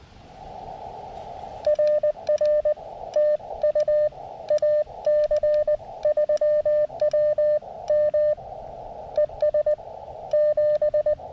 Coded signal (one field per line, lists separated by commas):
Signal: Morse code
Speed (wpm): 19 wpm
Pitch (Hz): 600 Hz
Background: radio noise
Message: RR TU AC3WM ES 7